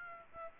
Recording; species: mosquito wingbeat signal from an infrared sensor; Aedes aegypti